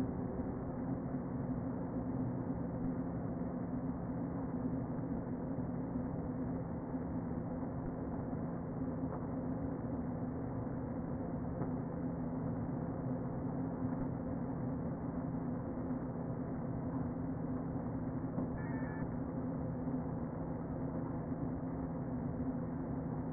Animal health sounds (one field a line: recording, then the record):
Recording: honeybee colony, microphone inside the hive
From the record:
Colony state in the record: queen present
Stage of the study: before two queens were removed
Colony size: about 60,000 bees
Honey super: yes